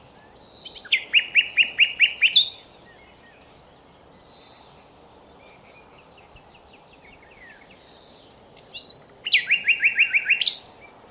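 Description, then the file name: Common nightingale song: two loud bursts of rapid repeated rattling notes about eight seconds apart, with soft warbling between them. "Luscinia megarhynchos"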